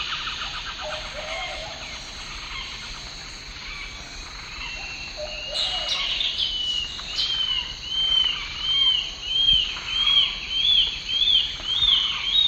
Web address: Natures Songs S America Eastern Lowlands Gray Antwren